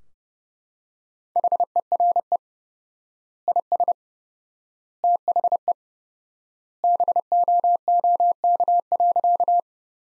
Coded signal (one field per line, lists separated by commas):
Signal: Morse code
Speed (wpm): 32 wpm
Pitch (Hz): 700 Hz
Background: none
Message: HERE IS THE BOOK.